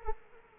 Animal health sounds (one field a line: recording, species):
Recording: mosquito wingbeat signal from an infrared sensor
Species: Culex quinquefasciatus